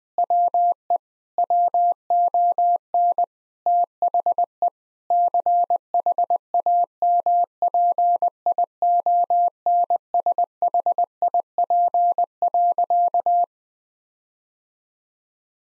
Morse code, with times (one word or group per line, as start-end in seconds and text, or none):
0.2-1.0 WE
1.4-3.2 WON
3.7-4.7 THE
5.1-13.4 CHAMPIONSHIP.